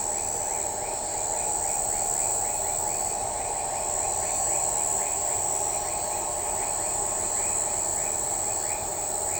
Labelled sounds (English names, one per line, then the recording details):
none
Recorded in shrubland near Pivijay, Magdalena, Colombia, on 18 April 2023 at 03:30
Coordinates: 10.453, -74.365
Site P5-G022